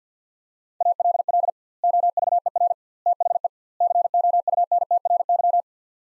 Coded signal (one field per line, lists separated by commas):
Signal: Morse code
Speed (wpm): 50 wpm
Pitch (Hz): 700 Hz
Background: none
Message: ALL OVER THE COUNTRY